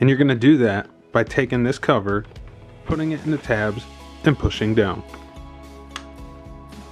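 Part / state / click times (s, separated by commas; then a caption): HEPA filter cover onto vacuum cleaner body / seated / 6.0 s. Someone talks over background music while a plastic cover is set into its tabs over the HEPA filter on a vacuum cleaner body and pushed down. A short click at 6.0 s shows the HEPA filter cover has seated closed.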